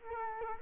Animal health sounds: mosquito wingbeat signal from an infrared sensor; Culex quinquefasciatus

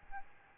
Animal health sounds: mosquito wingbeat signal from an infrared sensor; Aedes albopictus

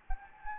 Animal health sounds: mosquito wingbeat signal from an infrared sensor; Anopheles gambiae

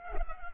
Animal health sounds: mosquito wingbeat signal from an infrared sensor; Culex pipiens

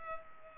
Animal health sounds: mosquito wingbeat signal from an infrared sensor; Culex pipiens

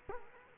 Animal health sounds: mosquito wingbeat signal from an infrared sensor; Culex quinquefasciatus

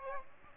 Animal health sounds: mosquito wingbeat signal from an infrared sensor; Aedes aegypti

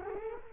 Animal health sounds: mosquito wingbeat signal from an infrared sensor; Culex quinquefasciatus

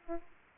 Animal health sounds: mosquito wingbeat signal from an infrared sensor; Aedes aegypti

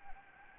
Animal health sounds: mosquito wingbeat signal from an infrared sensor; Anopheles gambiae

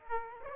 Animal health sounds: mosquito wingbeat signal from an infrared sensor; Aedes aegypti

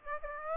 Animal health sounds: mosquito wingbeat signal from an infrared sensor; Aedes aegypti

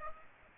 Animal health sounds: mosquito wingbeat signal from an infrared sensor; Aedes aegypti

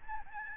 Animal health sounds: mosquito wingbeat signal from an infrared sensor; Aedes albopictus

